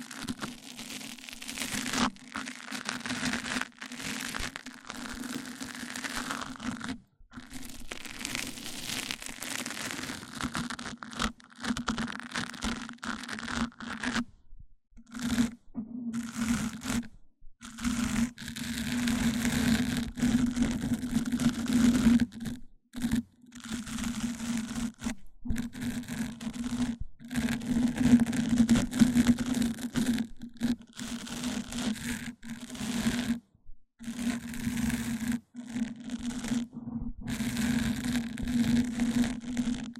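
Mic-on-mic triggers: dense scratchy rubbing and crinkling bursts over a steady low hum, broken by frequent brief silences throughout.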